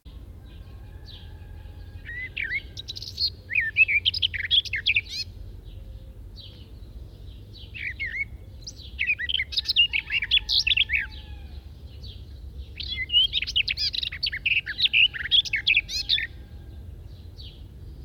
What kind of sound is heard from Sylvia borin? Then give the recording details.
song. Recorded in the wild. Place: Bergen, Insel Rügen, Mecklenburg-Vorpommern, DE. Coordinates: 54.4135, 13.432. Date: 1969-07-10. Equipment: Nagra III BH, Sennheiser MD 21, parabola. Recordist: Schubert, Michael